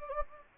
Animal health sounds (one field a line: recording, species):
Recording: mosquito wingbeat signal from an infrared sensor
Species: Anopheles gambiae